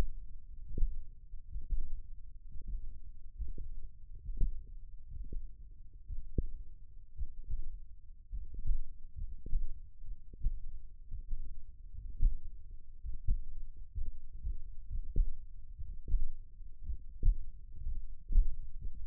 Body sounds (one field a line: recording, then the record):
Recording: forearm muscle sounds (acoustic myography)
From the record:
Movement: tripod grip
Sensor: system 1, eight BSWA MPA416 microphones around the upper forearm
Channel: 6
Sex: male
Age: 23 years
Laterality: right